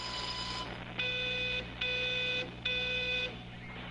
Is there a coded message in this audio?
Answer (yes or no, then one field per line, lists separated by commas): no